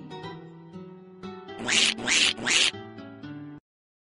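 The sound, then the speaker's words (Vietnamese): A duckling swimming in a river beside a girl quacks in a run of nasal calls, three loud, harsh bursts in the middle surrounded by softer buzzy quacks, with no talking. “Vịt bơi bên cô, kêu quạc quạc để nhắc cô bé đừng bơi ra xa.”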